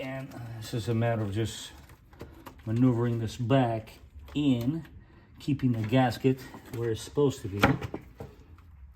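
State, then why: Not seated. On a Toyota RAV4 during PCV valve replacement and intake manifold reassembly, an O-ring sealed engine component is worked back into its port on the intake manifold while the gasket is kept in place. Someone talks throughout, with a few faint small knocks near 2.1 s, 8.2 s and 8.6 s. The part is still being handled and nothing has seated or clicked yet.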